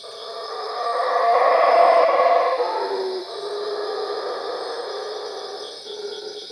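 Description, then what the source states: Howler monkey: deep, breathy roar of a howler monkey swelling to a peak around two seconds, then continuing in lower rough pulses against constant high background hum. Cuevas.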